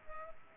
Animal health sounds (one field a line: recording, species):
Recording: mosquito wingbeat signal from an infrared sensor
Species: Culex quinquefasciatus